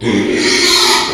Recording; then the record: squeal of a Yucatan mini pig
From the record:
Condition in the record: after surgery on the right vocal fold (resection and tissue-engineered implant); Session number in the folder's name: 2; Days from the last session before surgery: 13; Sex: male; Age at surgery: 12 weeks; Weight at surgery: 13 kg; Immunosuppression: cyclosporine, prednisolone